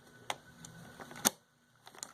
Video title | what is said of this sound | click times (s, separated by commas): How To Build an $850 Computer | like that. Now this side you didn't hear an audible click, but this side you could. | 1.3 s